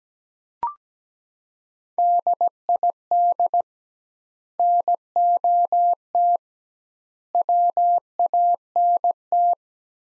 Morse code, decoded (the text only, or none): DID NOT WANT